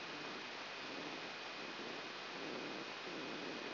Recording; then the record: brain microelectrode recording played as sound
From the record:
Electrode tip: outside the subthalamic nucleus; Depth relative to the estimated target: -6 mm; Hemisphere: left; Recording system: AlphaMap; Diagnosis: Parkinson's disease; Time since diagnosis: 14 years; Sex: female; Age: 63 years